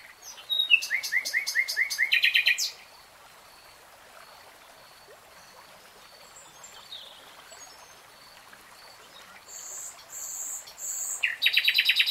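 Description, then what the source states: Nightingale song: a run of repeated notes into a fast trill, a long quiet gap with faint whistles, then further rapid phrases. Nightingale singing in real time.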